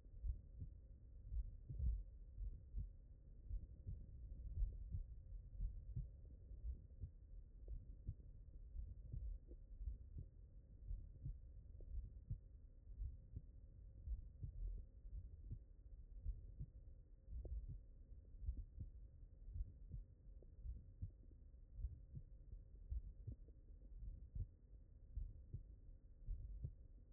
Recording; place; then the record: heart sounds by stethoscope; mitral valve (MV)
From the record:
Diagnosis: non-HFrEF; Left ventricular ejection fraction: 66%